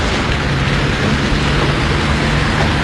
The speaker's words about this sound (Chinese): 你前进呀，外头下雨，你不知道呀？